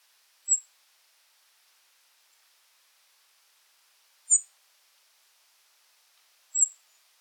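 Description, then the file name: European robin giving three brief, thin, very high calls spaced a few seconds apart against silence. "Erithacus rubecula"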